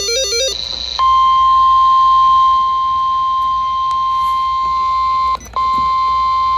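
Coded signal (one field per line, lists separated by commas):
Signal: Emergency Alert System (SAME) tones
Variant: 1050 Hz attention tone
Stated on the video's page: Special Marine Warning from NWS Charleston, received on NOAA Weather Radio station KEC85.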